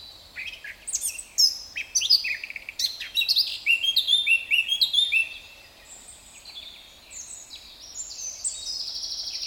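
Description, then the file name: Eurasian blackcap singing a fast, varied warble of high clear whistles and scratchy notes for several seconds, then softer, fainter twittering. "Sylvia atricapilla"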